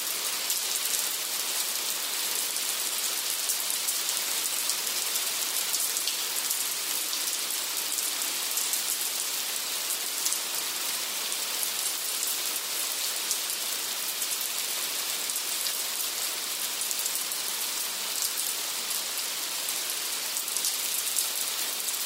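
Steady light rain falls without letup, a dense, even hiss of countless fine drops weighted toward the bright upper range. Small taps flicker through it constantly, as if against a windowpane, while the low end stays nearly empty and the level never shifts.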